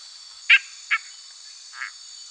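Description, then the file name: Dent's treefrog calling: two sharp, rasping notes close together, then a softer third, over a continuous high-pitched background hiss. "Boana dentei CM PG"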